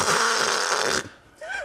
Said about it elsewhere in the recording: The noise of sleep apnea, if people make a noise, can sometimes be different to snoring. If you are shattered and you are making a noise like that, you should go and see your GP.